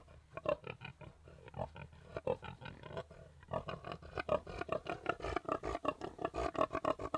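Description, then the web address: Pig grunts, deep and throaty, coming in quick irregular pulses that grow denser and louder toward the end. "The BBC Sound Effects Library - Complete 60 CDs Collection (Livestock) Pigs Grunting"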